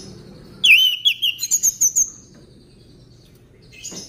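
Orange-headed thrush singing a looping whistle followed by a rapid series of high, sweet repeated notes, then quiet with a faint final note.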